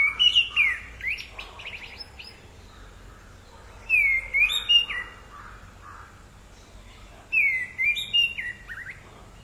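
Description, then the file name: Orange-headed thrush song: rich whistled phrases of slurred, warbling notes with high thin squeaky additions, delivered in separate bursts about every three to four seconds with pauses between. "canto do tordo de cabeca laranja"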